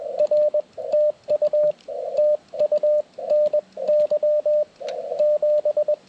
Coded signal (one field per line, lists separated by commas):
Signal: Morse code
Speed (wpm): 21 wpm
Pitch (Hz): 600 Hz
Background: radio noise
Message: R TU TU NY 7